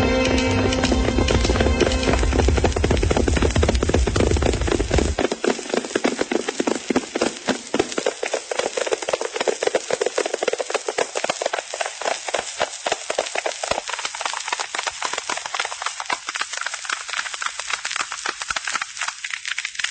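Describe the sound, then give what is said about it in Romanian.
A ridden horse gallops at a rapid, steady pace on a long journey, its hooves pounding in a continuous drumming rhythm. A deep rumble under the first few seconds drops away, leaving crisp, loud hoofbeats alone. “Atunci trebuie să plec călare.”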